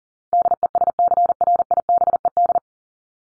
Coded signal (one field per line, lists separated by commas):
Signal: Morse code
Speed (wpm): 40 wpm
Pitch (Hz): 700 Hz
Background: none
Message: DESCRIBED